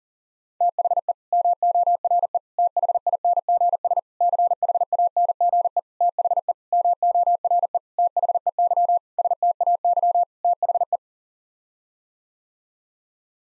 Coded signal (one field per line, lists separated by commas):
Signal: Morse code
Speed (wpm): 40 wpm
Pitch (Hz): 700 Hz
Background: none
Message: THE MORE THINGS CHANGE THE MORE THEY STAY THE